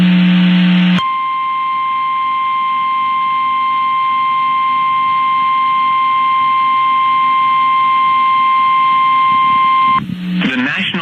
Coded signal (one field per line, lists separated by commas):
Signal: Emergency Alert System (SAME) tones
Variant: 1050 Hz attention tone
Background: speech